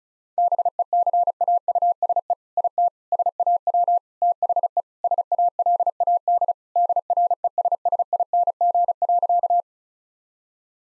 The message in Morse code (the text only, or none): BECAUSE IT SAW THE SALAD DRESSING.